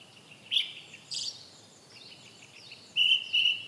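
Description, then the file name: Brown-headed thrush gives a brief whistled note followed by a paired whistled phrase, with faint high bird calls around it. "akahara"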